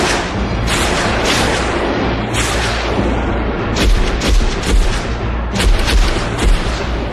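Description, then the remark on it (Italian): A 9 mm submachine gun fires 12 shots at radio host Alan Berg as he gets out of his car by a garage: loud gunfire cracks in several clusters over a dense, roaring wash of noise, each burst of sharp reports standing out against the constant low rumble. No voices are heard. “Da una calibro 9, una mitraglietta, vengono esplosi 12 colpi proiettili.”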